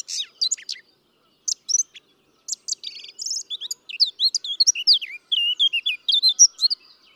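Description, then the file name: Eurasian blackcap singing: a few short high notes with brief pauses, then a long, rapid, varied warble of whistled and chattering notes. "Sylvia atricapilla"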